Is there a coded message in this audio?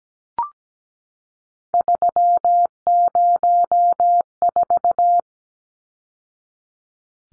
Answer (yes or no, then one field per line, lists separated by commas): yes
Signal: Morse code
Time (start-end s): 1.7-5.2 s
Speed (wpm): 17 wpm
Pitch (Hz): 700 Hz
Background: none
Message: 304